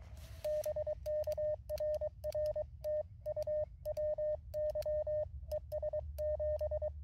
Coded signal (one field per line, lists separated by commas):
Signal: Morse code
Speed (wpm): 23 wpm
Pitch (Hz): 610 Hz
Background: none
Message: BK RR TU WY ES 7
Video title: QRP CW POTA at K-5221 with the MTR-4B and lousy band conditions